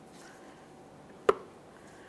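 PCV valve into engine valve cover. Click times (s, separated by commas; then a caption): 1.3 s. A threaded plastic PCV valve is turned clockwise by hand into a new valve cover for a 2015-2020 Ford F-150 3.5L V6 engine until it drops in. Against quiet background noise, a single sharp click sounds at 1.3 seconds as the locking ears snap into their grooves. The valve is seated and locked in.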